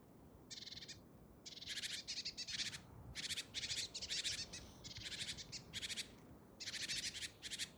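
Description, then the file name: Great tit scolding: dense series of buzzy, rattling churrs in uneven bursts over a faint low background hiss. "Parus major"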